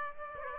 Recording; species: mosquito wingbeat signal from an infrared sensor; Aedes aegypti